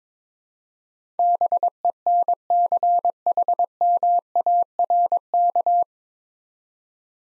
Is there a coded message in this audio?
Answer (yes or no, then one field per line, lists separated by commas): yes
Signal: Morse code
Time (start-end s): 1.2-5.8 s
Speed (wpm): 21 wpm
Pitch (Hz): 700 Hz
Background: none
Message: BENCHMARK